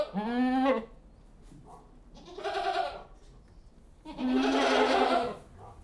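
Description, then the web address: Goat bleats, three calls a couple of seconds apart, the first short and clear, the later ones coarser and more strained. General atmosphere inside a goat house; livestock. "BBC Sound Effects Library Livestock General Atmosphere In Goat-House"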